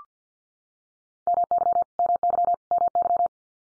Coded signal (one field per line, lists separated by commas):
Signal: Morse code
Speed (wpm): 50 wpm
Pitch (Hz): 700 Hz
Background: none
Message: MY MY MY